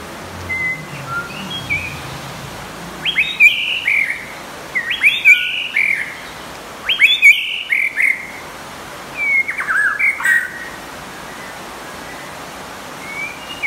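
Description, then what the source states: White-rumped shama song in short bursts of squeaky, chattering notes about every two seconds, over a steady background hiss. Champion bird from a singing contest.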